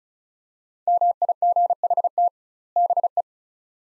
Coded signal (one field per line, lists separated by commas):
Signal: Morse code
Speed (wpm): 36 wpm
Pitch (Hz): 700 Hz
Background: none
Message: MIGHT BE